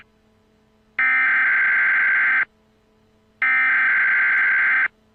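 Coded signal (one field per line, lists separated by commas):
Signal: Emergency Alert System (SAME) tones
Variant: header bursts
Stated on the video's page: Fictional scenario alert, not a real broadcast.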